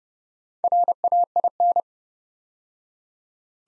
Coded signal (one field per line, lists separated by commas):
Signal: Morse code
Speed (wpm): 30 wpm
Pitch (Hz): 700 Hz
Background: none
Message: RAIN